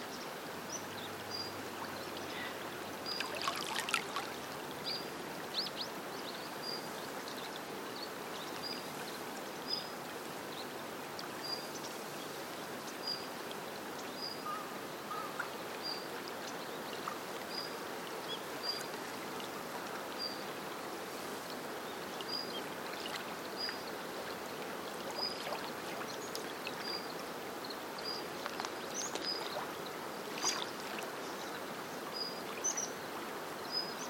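Bird calls surround a steady, rushing wash of background noise, much like flowing water. A high, thin chirp repeats at a regular pace throughout, roughly every second or two, with a brief louder scratchy burst near the start and a few faint clicks scattered later.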